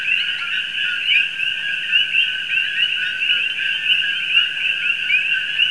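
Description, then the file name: Common coquí chorus: countless overlapping two-note calls forming a continuous, shimmering wall of sound, with some individual rising notes standing out. "Coqui"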